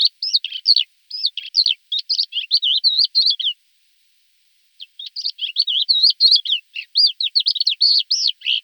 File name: thekla lark